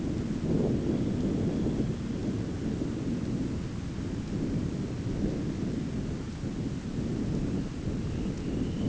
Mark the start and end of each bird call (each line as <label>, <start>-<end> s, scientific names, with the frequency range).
Calidris alpina (2.1-4.6 kHz), 0.62-2.52 s
Calidris alpina (1.9-3.9 kHz), 7.36-8.88 s